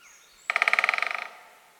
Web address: fagelljud storre hackspett